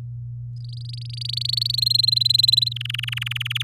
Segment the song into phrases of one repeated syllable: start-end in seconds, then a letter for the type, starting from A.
0.56-1.76 A, 1.77-2.69 B, 2.71-3.62 C